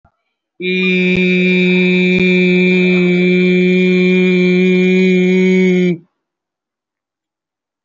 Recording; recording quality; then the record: sustained vowel as in beet; excellent, no background noise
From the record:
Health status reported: respiratory illness, not identified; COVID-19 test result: negative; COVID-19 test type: RT-PCR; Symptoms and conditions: cold, breathing difficulty, asthma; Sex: male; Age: 25 years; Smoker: no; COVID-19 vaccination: one dose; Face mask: worn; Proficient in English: yes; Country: India